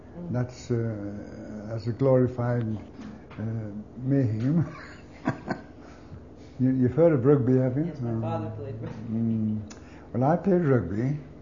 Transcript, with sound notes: That's a—that's a glorified uh, maim (laughs) you—you've heard of rugby haven't you?
Yes, my father played.
Mm. Well I played rubgy,